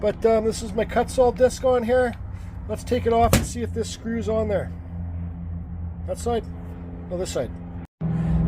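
Someone talks while taking the cut-off disc off a cheap Walmart angle grinder and trying to screw a new sanding attachment onto the spindle, first one side and then the other. The metal threads cross-thread and do not engage, so the attachment does not fit; nothing has seated or clicked.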